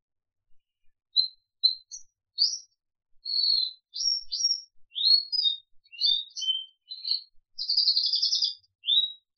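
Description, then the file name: Crested canary singing varied high phrases that build into dense buzzy trills and twittering notes, growing busier toward the end. "audio kenari jambul"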